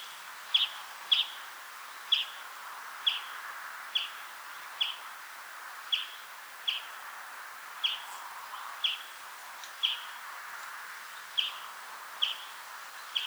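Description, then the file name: European greenfinch calls, sharp chirps repeated steadily about once a second throughout, over soft background hiss. "Chloris chloris 190325"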